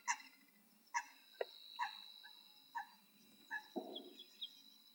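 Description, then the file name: Common pheasant giving short, harmonic clucking notes repeated about once a second, ending with a harsher burst; a steady high whine sounds behind. Weinviertel, Austria. "Fasan Phasianus colchicus. A Weinviertel"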